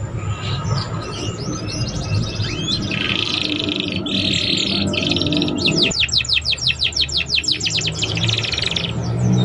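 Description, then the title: Belgian canary song: buzzy rolls followed by a fast run of repeated sweeping chirps, steady low hum behind. Canary song to warm up young canaries and stimulate them to start singing quickly and chatter. "Canto Para Esquentar Canário Belga. SUARA KENARI PAUD CUIT CUIT BELAJAR BUNYI - pancingan kenari paud muda agar cepat bunyi dan ngeriwik"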